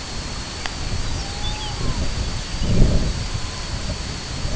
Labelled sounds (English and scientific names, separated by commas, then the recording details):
Lapland Longspur (Calcarius lapponicus), Red-throated Loon (Gavia stellata)
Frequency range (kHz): Lapland Longspur (Calcarius lapponicus) 2.6-6.5 kHz; Red-throated Loon (Gavia stellata) 0.5-1.5 kHz
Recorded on Arctic tundra, site IGLO-B, on 23 June 2018
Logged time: 13:59